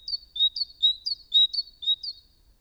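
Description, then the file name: Great tit calling in a rapid series of high, two-part notes, a sharp upper note dropping to a lower one, repeated several times in under three seconds. "Parus major"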